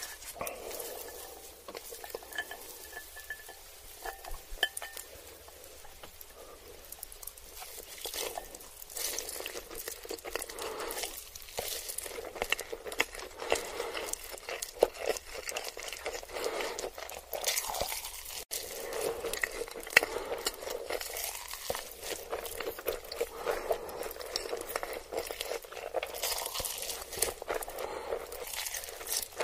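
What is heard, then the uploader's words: Someone eats ramen noodles and chicken nuggets, with dense crackling, crunchy and slurpy clicks running through the whole half minute. The chewing sounds are bright and irregular, with sharper pops around five, fifteen and eighteen seconds. A faint low hum sits underneath. Eating ramen noodles and chicken nuggets.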